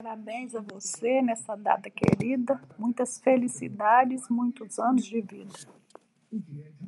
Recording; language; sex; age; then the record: short text; Brazilian Portuguese; female; 50 to 59 years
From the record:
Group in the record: control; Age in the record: 57 years